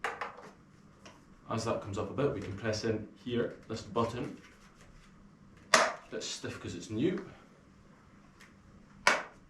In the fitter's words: that locks into place there it's